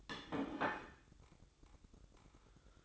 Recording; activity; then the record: daily activity, microphone in the room; place plate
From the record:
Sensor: 3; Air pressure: 1007.4 hPa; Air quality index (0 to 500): 51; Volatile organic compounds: 1 ppm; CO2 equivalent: 583 ppm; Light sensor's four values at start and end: 8/20/8/8 and 8/20/8/8